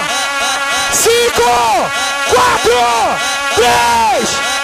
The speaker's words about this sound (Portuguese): Cadê o gritinho das virgens? O gritinho das gostosas, das sinceras. Só quem é de Outeiro dá o grito.